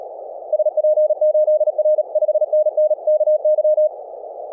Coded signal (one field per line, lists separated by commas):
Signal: Morse code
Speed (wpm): 37 wpm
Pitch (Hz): 620 Hz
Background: none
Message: SP8R 5NN KY